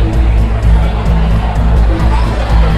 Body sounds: background sound without coughing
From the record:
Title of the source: Party Noise 1 Hour Party Ambience

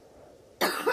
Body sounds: coughing mixed with background sound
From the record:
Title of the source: choking, hacking coughing

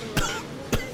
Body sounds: coughing mixed with background sound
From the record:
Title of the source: Coughing 51

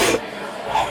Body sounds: coughing mixed with background sound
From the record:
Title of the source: 61 morning phlegmy cough...again

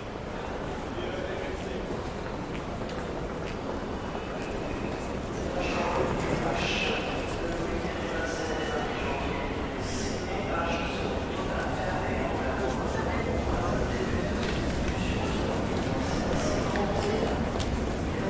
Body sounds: background sound without coughing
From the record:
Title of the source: Train Station Sounds Paris

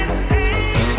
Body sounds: coughing mixed with background sound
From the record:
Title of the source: female coughing - coughing sound effects girl

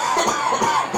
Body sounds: coughing mixed with background sound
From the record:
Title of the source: Spring Cold Coughing 2

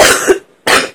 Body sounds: coughing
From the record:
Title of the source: 34 coughing up crap again

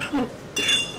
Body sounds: coughing mixed with background sound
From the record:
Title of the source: 64 coughing, allergies, singing lungs

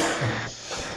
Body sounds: coughing mixed with background sound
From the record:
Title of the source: Cough Around the Clock!

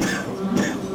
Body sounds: coughing mixed with background sound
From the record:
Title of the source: Spring Cold Coughing 3

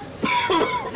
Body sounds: coughing mixed with background sound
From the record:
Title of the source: Dry Coughing Fit in the Afternoon.

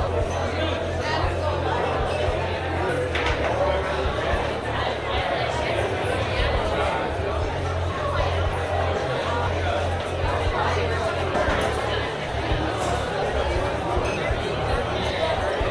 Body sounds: background sound without coughing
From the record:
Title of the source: CITY SOUNDS Busy Bar in the Evening Night - 2 HOURS of Ambiance for Relaxation

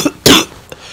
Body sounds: coughing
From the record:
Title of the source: Wet coughing

